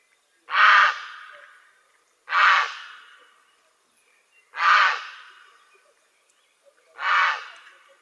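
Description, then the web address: Grey heron giving four harsh, croaking squawks at irregular intervals of about two seconds, each loud and rough with a fading tail. "naszenadlesnictwo prace Czapla Siwa"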